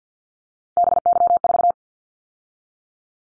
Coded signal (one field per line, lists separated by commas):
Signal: Morse code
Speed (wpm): 50 wpm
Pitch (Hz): 700 Hz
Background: none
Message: BY4